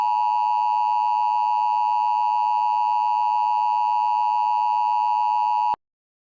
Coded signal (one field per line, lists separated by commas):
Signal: Emergency Alert System (SAME) tones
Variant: 853 and 960 Hz attention tone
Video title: Hanazuki: Full Of Treasures EAS Scenario - Part 5